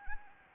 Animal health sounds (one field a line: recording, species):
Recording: mosquito wingbeat signal from an infrared sensor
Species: Anopheles gambiae